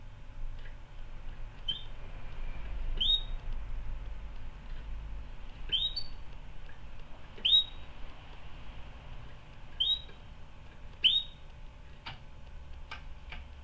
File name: canary